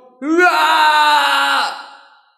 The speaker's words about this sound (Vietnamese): Tim Thạch Hạo đang rỉ máu, khóe mắt trừng to, hắn ngửa mặt lên trời mà thét dài.